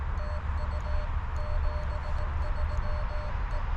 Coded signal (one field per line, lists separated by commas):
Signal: Morse code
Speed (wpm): 18 wpm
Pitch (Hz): 600 Hz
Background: music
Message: TU 73E